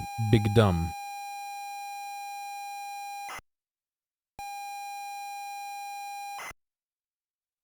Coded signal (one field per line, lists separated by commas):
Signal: ZX Spectrum tape loading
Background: speech